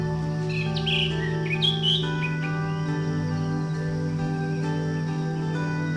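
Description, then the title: Bird gives a quick series of chirps and short whistled notes in the first two seconds, followed by a steady low hum. "SuaraBurung Kicau"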